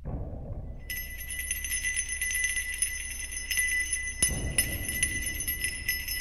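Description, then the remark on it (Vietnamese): Wind chimes hanging outside a door tinkle although there is no wind, several high metallic tones starting after a brief pause and ringing on continuously, layered over a soft low rumble with no voices. “Ấy thế nào mà cái chuông gió treo ngoài cửa? Rõ ràng là trời chả có gió máy gì. Có làm sao nó có len ca len keng.”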